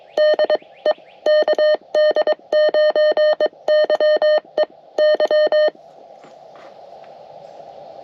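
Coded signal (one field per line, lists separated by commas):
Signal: Morse code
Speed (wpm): 22 wpm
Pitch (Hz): 610 Hz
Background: none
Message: DE KD9YEY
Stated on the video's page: CW activation made during a trip in Michigan, with some contacts completed.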